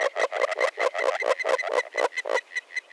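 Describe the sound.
Agile frog calling in a quick series of short, soft knocking notes that grow thinner toward the end.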